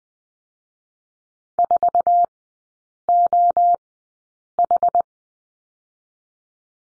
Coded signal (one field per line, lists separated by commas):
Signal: Morse code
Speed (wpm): 20 wpm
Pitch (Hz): 700 Hz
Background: none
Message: 4 O H